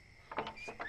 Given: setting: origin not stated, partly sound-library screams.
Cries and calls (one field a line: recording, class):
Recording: one-second piece from a danger detection set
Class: normal situation